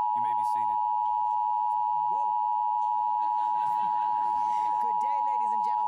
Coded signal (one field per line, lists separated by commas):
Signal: Emergency Alert System (SAME) tones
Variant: 853 and 960 Hz attention tone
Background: speech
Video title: National Emergency Alert System Test - November 9, 2011